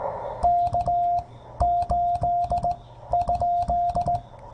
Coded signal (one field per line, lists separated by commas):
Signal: Morse code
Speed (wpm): 18 wpm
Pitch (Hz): 700 Hz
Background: none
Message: K 8 ?